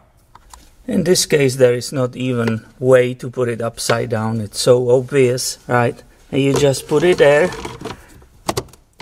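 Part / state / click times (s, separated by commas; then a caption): cabin air filter holder into the filter housing behind the glove box / seated / 8.5 s, 8.6 s. Someone talks while the plastic cabin air filter holder, fitted with a new filter, is pushed into its housing behind the glove box of a Toyota Echo. Two sharp clicks sound at 8.5 s and 8.6 s as the holder seats and is secured.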